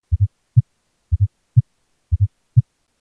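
An adult heart heard through a stethoscope: three slow, regular beats at about 60 a minute, each a close pair of low thuds followed by a single thud. The extra sound just before the first heart sound is a fourth heart sound gallop, pointing to a stiff ventricle.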